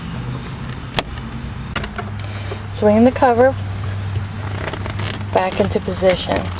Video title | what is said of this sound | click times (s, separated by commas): 2003 Xterra Control Unit Backlight Bulb Replacement | so wherever they lined up when you pulled them out, just press them back in till you hear the click. | 1.0 s